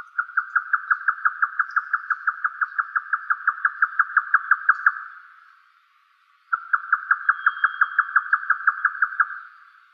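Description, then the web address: Grey nightjar churring in fast, regular wooden chucks, one bout of about five seconds, a short pause, then another run; a thin high tone briefly in the background. "yotaka"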